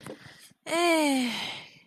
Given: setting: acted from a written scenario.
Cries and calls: vocal sound without words; contentment

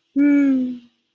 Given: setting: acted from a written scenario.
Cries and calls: vocal sound without words; romantic love

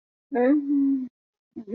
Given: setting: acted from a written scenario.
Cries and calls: vocal sound without words; distress

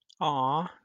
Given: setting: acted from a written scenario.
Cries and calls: vocal sound without words; adoration

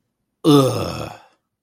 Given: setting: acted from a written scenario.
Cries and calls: vocal sound without words; disgust

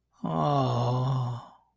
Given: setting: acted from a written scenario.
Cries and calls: vocal sound without words; shame

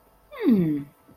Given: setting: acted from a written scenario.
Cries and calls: vocal sound without words; interest

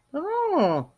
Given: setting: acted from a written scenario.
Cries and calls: vocal sound without words; interest

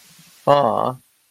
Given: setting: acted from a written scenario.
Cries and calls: vocal sound without words; adoration

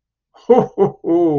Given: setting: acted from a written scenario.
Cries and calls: vocal sound without words; elation

